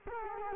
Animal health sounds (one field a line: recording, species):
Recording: mosquito wingbeat signal from an infrared sensor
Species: Culex quinquefasciatus